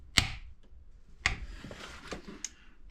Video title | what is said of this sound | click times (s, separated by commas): Mk1 Rabbit Pickup Revival Part 1 | nice positive click out of that one | 2.4 s